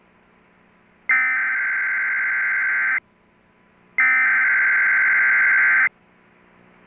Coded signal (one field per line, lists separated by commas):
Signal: Emergency Alert System (SAME) tones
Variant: header bursts